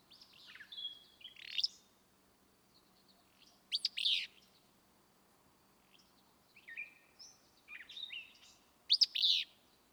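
Willow flycatcher sings its quick burry phrase three times, the last loudest, with faint chips and whistles in between.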